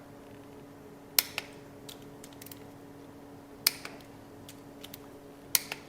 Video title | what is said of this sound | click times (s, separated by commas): How to Install Pistons and check thrust clearance in your SBC Chevy Build | Love to hear that click. | 1.2 s, 3.7 s, 5.6 s